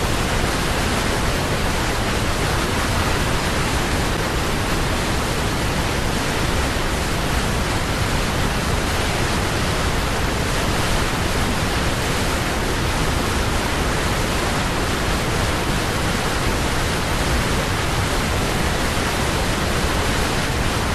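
A waterfall pours in a steady, dense rush that fills everything from low rumble to bright hiss. The roar holds at one loud level for the whole stretch, with no breaks, separate splashes or other sounds rising above it.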